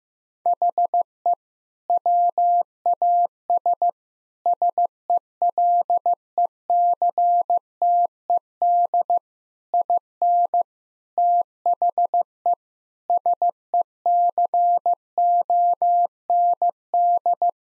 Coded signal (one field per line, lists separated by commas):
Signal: Morse code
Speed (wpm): 15 wpm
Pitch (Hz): 700 Hz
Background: none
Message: HE WAS SELECTED IN THE SECOND